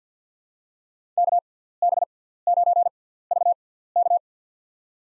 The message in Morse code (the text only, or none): KB9VK